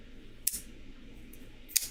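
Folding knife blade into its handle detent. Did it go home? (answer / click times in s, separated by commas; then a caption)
yes / 0.5 s, 1.8 s. A folding knife blade is worked through its handle detent again, giving two sharp, bright clicks at 0.5 s and 1.8 s over a low, steady background hum, with a faint tick near 1.3 s. The blade seats firmly in its detent, with what is judged the best click detent sound of any knife.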